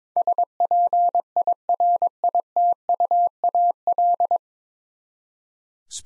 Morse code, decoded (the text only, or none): SPIRITUAL